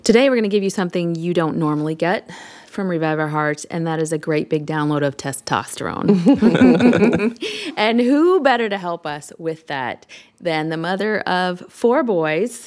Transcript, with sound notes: Today we’re going to give you something you don’t normally get from Revive Our Hearts, and that is a great big download of testosterone. (laughter) And who better to help us with that than the mother of four boys,